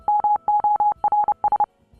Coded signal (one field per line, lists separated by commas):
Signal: Morse code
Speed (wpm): 30 wpm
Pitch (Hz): 840 Hz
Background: music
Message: MORS